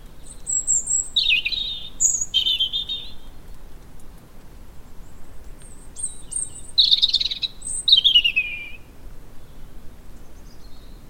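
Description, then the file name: European robin singing short high warbled phrases, thin whistles near the top mixed with lower descending trills, in bursts around one, two, seven and eight seconds, separated by quiet pauses. "Erithacus rubecula"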